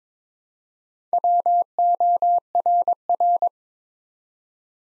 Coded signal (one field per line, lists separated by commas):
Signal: Morse code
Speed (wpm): 22 wpm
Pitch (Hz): 700 Hz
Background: none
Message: WORR